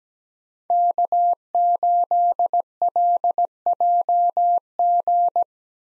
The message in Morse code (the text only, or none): K8LJG